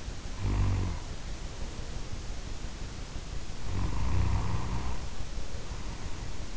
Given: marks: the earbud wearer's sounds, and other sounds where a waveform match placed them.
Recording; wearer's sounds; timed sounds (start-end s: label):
sounds in sleep by an in-ear microphone; snoring breath
0.26-2.24 s: snoring breath
3.59-6.54 s: snoring breath